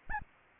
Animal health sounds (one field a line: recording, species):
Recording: mosquito wingbeat signal from an infrared sensor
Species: Anopheles gambiae